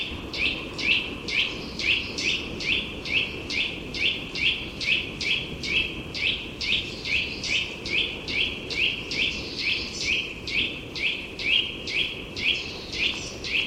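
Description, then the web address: Eurasian nuthatch song: a fast, even series of loud whistled notes, each rising then dropping, repeated about twice a second throughout, over a soft low background hiss. "chant didier collin sittelle torchepot"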